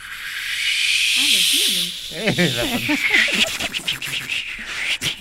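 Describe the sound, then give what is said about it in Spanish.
A voice imitates a palm tree shaken by wind: a long, steady breathy hiss with warbling, wavering vocal tones rising and falling through it, then scattered crackly clicks as the hiss fades. “Y hágame el de una palmera agitada por el viento.”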